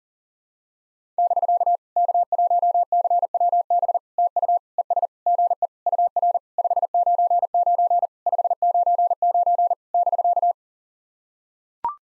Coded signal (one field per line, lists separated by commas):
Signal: Morse code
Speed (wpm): 40 wpm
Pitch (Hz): 700 Hz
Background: none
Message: <BK> K1CWB TU ES GE UR 599 599 <BK>